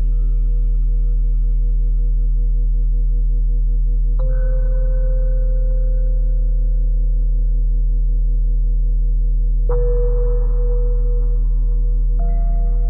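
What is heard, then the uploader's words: Layered steady tones at 174, 417 and 741 Hz hum continuously, with bright new ringing tones stacking in around four, ten and twelve seconds. 174Hz+417Hz+741Hz.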